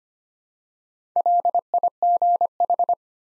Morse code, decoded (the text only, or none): LIGH